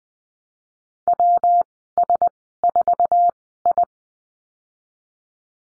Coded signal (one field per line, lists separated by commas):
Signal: Morse code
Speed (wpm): 20 wpm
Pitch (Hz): 700 Hz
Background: none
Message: WS4I